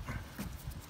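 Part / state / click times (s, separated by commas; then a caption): ignition coil into spark plug well of a car engine / not seated / none. An ignition coil is pushed back down into the spark plug well of a 2014–2019 Toyota Corolla engine after a new Ruthenium HX spark plug has been installed. Only soft, low handling thumps and rustling are heard, around 0.1–0.2 s and again near 0.4 s. Nothing has seated or clicked yet.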